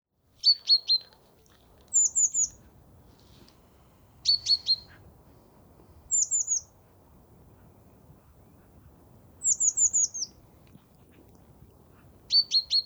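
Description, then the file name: Great tit giving several short clusters of a few sharp, high notes, some of a lower ringing type and some very high and thin, with pauses of a few seconds between. "Parus major"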